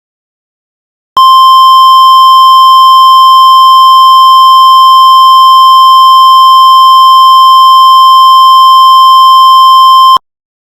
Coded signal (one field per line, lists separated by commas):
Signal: Emergency Alert System (SAME) tones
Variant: 1050 Hz attention tone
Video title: EAS Alert - Tornado Watch 2 - 1/8/24 - New Orleans, LA